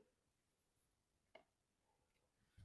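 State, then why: Not seated. A second greased replacement drum, a plastic/brass element of a square VEB engine brake valve for a D12C, is pressed into the valve body to see if it locks. The background is quiet except for one short, sharp tap at about 1.4 s and a low thump near the end; nothing has seated or clicked yet. The drum does not lock in the press fit either, so it will have to be riveted/peened.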